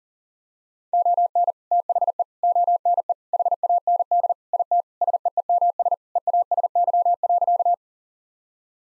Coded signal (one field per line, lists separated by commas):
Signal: Morse code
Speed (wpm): 40 wpm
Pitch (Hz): 700 Hz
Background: none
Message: ON THE ONE HAND IT SEEMS EASY.